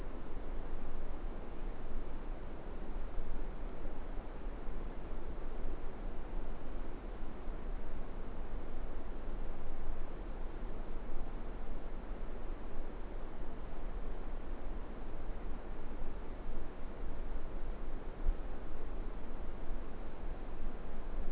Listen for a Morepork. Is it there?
no